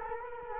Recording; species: mosquito wingbeat signal from an infrared sensor; Culex quinquefasciatus